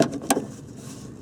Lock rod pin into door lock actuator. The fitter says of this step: and you hear that click.